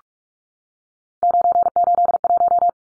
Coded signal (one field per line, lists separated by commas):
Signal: Morse code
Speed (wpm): 44 wpm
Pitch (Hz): 700 Hz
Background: none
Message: 981